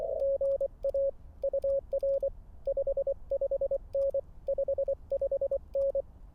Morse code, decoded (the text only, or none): GA UR 55N 55N